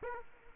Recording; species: mosquito wingbeat signal from an infrared sensor; Aedes aegypti